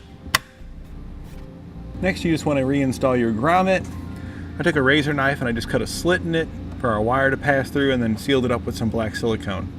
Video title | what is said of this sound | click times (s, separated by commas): Mount: Custom Third Brake Light Camera for 8" Factory Monitor on a 2017 Ford F-250 Super Duty | cover just snaps back into place next | 0.4 s